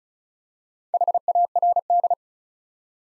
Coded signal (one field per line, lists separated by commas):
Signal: Morse code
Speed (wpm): 36 wpm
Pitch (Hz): 700 Hz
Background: none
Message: HARD